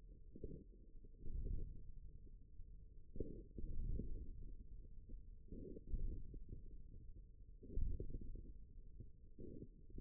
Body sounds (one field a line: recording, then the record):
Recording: forearm muscle sounds (acoustic myography)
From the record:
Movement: ulnar deviation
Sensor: system 1, eight BSWA MPA416 microphones around the upper forearm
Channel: 3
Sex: male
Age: 41 years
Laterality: right